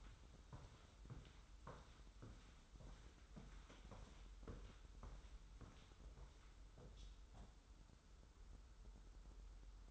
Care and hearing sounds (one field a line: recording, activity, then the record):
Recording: daily activity, microphone in the room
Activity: walk to room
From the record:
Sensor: 3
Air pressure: 994.4 hPa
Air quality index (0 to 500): 203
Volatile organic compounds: 1000 ppm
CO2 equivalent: 6746 ppm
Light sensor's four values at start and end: 95/222/91/84 and 96/224/91/85